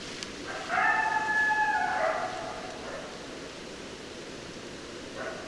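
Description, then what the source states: Coyote howl, a drawn-out tone lasting about one and a half seconds that sags slightly at the end, followed by a faint short sound later. Coyotes, more than one, recorded on 10 December 2012.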